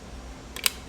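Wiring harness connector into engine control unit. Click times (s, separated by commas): 0.7 s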